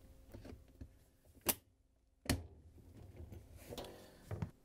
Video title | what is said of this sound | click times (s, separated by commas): How To: Whirlpool/KitchenAid/Maytag Dispenser Assembly WPW10199696 | you have it snapped into place we can't close the door now | 2.3 s